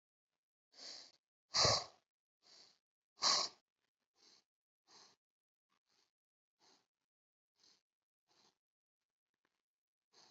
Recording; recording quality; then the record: shallow breathing; excellent, no background noise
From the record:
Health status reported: healthy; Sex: female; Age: 21 years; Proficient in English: yes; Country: India